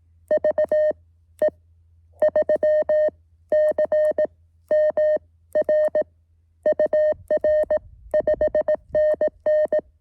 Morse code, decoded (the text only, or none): VE3CMR UR 5NN